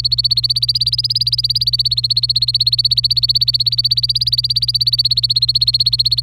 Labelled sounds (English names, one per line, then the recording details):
Domestic Canary song
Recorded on 26 April 2018 at 11:54
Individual llb3